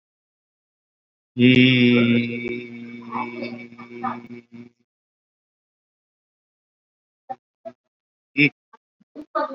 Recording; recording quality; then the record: sustained vowel as in beet; excellent, no background noise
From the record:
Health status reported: COVID-19 positive, moderate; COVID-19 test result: positive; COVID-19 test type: RT-PCR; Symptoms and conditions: breathing difficulty, fatigue, hypertension, diabetes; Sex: male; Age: 42 years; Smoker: yes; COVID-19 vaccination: both doses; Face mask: worn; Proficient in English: no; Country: India